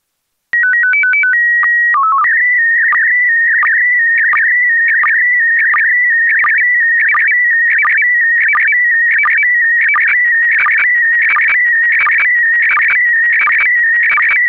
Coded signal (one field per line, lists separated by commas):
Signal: SSTV (slow-scan television)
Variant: PD 90